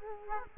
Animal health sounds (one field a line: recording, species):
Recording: mosquito wingbeat signal from an infrared sensor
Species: Culex quinquefasciatus